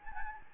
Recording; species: mosquito wingbeat signal from an infrared sensor; Anopheles gambiae